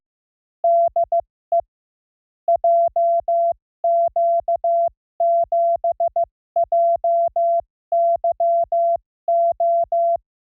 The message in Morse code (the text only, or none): DE JQ7JYO